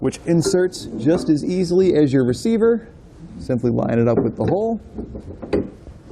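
Someone talks while a steel hitch ball mount is lined up with the hole of a hidden rack receiver and handled. A brief faint tap is heard near 5.9 s. Nothing has seated or clicked into place yet.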